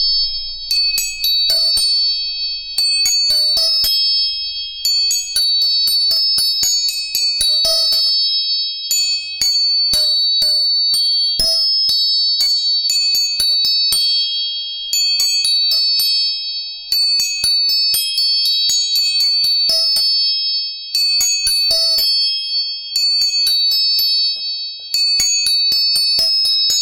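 Tuning forks are struck again and again, each sharp tap leaving bright, steady ringing tones that hang and overlap throughout, close and clear.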